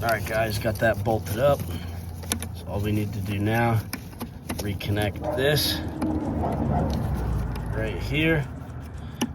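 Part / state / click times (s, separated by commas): wiring harness connector onto idle air control valve / seated / 9.2 s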